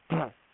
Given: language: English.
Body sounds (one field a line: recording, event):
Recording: throat vibration sensor signal played as sound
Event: throat clearing